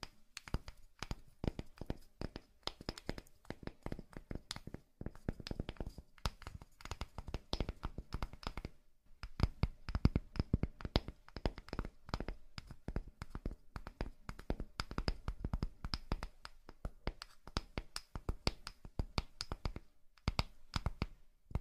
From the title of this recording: Charming Tapping